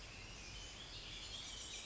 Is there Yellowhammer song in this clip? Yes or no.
no